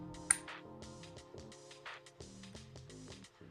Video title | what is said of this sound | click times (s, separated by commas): PS Vita Won’t Turn On? $14 Battery Fix | Make sure you hear the click noise. | 0.3 s